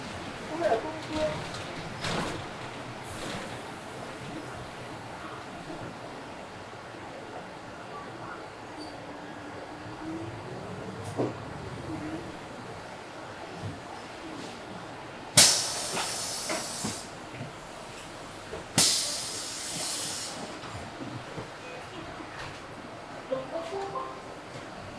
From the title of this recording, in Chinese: 雨天的出城公交